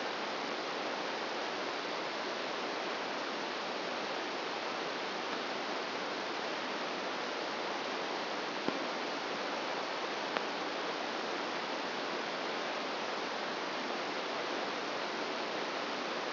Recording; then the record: brain microelectrode recording played as sound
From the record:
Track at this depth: outside the subthalamic nucleus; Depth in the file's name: -0.909 mm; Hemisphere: right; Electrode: 2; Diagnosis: Parkinson's disease